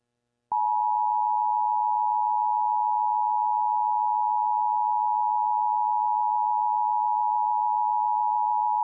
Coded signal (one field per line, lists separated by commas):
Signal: Emergency Alert System (SAME) tones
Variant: 853 and 960 Hz attention tone